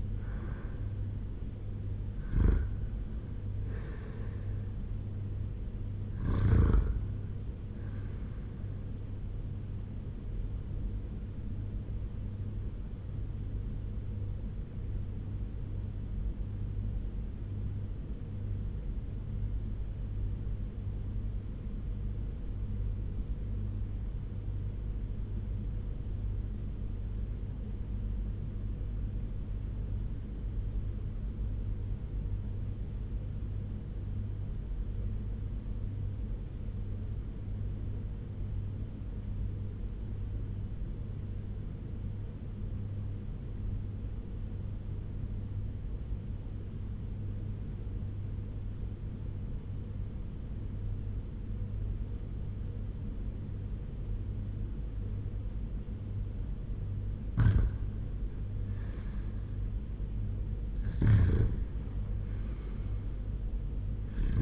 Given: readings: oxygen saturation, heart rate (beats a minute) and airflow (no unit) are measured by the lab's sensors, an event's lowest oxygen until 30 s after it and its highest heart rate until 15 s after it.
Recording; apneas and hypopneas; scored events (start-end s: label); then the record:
breathing in sleep by a smartphone at the bedside; 1
18.00-57.20 s: obstructive apnea (REM, oxygen 98% highest, then 82% lowest, heart rate 86 at the start, 90 highest)
From the record:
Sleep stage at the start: REM sleep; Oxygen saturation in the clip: 84 to 98%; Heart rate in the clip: 81 to 93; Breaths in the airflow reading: 4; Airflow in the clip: -8.3 to 6.9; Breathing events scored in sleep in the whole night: 201 in 6.5 hours asleep